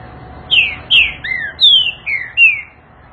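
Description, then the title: Green-winged saltator song: six loud slurred whistles, each sliding downward, delivered in a quick uneven run over about two seconds, with faint low background noise. Trinca-ferro song type 'voz 06', one of 14 song types compiled in a single video. "Canto De Trinca Ferro Voz 06"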